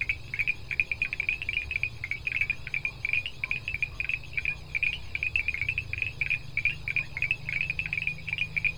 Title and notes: predominantemente Boana pulchella , “ranita de zarzal”